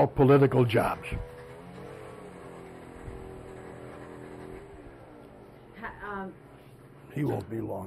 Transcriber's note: noise from some sort of power equipment